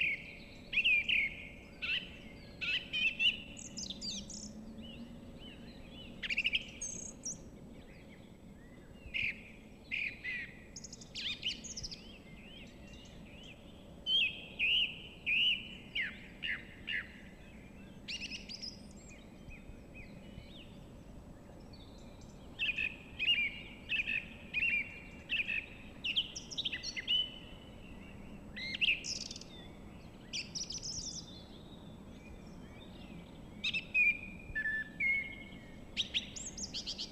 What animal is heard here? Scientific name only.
Turdus philomelos